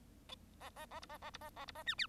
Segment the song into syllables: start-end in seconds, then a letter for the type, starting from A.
0.60-0.70 A, 0.76-0.86 A, 0.90-1.00 A, 1.01-1.06 B, 1.09-1.18 A, 1.21-1.30 A, 1.33-1.38 B, 1.41-1.50 A, 1.56-1.65 A, 1.67-1.72 B, 1.75-1.83 A, 1.86-1.95 C, 1.98-2.07 D